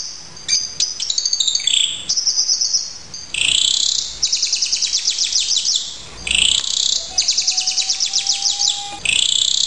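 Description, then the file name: Horsfield's bush lark singing a long, varied medley of high buzzy notes and quick repeated chirp trills, with brief gaps between bursts. Master recording. "branjangan raja kayangan masteran"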